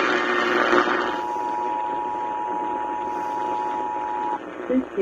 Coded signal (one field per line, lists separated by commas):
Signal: Emergency Alert System (SAME) tones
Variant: 853 and 960 Hz attention tone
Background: speech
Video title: Those Spooky Feelings | EAS Tests From 10/4/2022 (EAS #1,750-1,759)